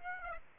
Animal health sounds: mosquito wingbeat signal from an infrared sensor; Aedes aegypti

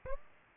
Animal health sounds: mosquito wingbeat signal from an infrared sensor; Aedes aegypti

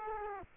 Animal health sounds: mosquito wingbeat signal from an infrared sensor; Culex quinquefasciatus

